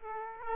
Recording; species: mosquito wingbeat signal from an infrared sensor; Aedes aegypti